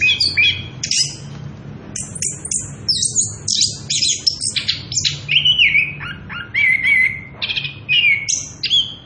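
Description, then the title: Orange-headed thrush pouring out varied whistles and trills without pause; later phrases include wavering, warbled notes repeated several times. Singing prolifically (gacor) with continuous rolling 'ngerol edan' song; used as a lure (pancingan) and tutor (masteran) for young birds (trotolan). "Anis Kembang Gacor. pancingan anis kembang ngerol edan masteran trotolan"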